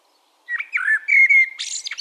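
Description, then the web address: Eurasian blackbird delivering a short rich warble with a sustained whistled note, finished by a quick high-pitched twittering flourish. "SETE data Turdus merula"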